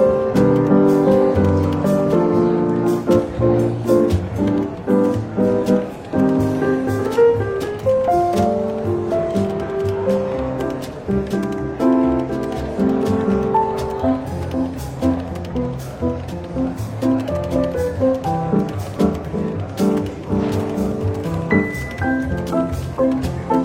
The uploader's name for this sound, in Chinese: 伦敦书店咖啡馆轻微喧闹氛围与柔和轻松的爵士背景音乐